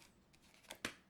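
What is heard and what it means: The lid or clasp of a handmade dice tray made from foam and craft materials is pressed closed, with a soft tick at about 0.7 s. It then shuts with a sharp, satisfying snap at 0.9 s that quickly fades. The tray is firmly snapped shut, with a snap meant to be both satisfying and functional.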